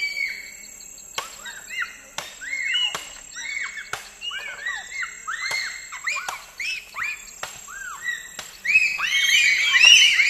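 Bonobo calls, a run of rapid high arched peeps and squeaks with sharp clicks, growing louder and denser toward the end.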